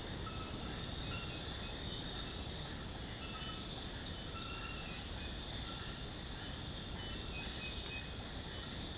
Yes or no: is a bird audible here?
no